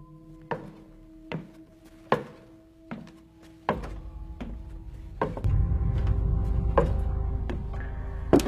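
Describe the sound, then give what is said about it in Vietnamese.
Slow footsteps approaching from a corner of a corridor, about nine dull thudding steps at an uneven, unhurried pace, while a low rumbling drone swells underneath from midway on. No one speaks. “Đáng sợ hơn nữa là từ một góc hành lang có tiếng bước chân đang chậm chậm đi tới.”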